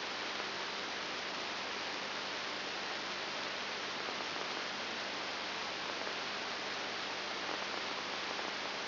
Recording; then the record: brain microelectrode recording played as sound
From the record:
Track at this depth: inside the subthalamic nucleus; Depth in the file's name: 5.901 mm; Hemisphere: left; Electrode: 3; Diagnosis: Parkinson's disease